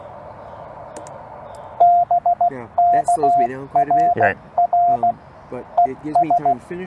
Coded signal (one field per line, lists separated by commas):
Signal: Morse code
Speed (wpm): 16 wpm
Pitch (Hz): 700 Hz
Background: speech, radio noise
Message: BK RR ES